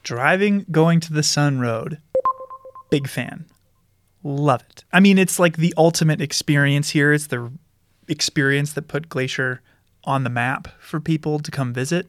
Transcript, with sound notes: Driving Going-to-the-Sun Road. [Electronic selection sound] Big fan. Love it. I mean, it's like the ultimate experience here, it's the experience that put Glacier on the map for people to come visit.